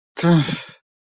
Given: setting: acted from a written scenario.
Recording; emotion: vocal sound without words; contempt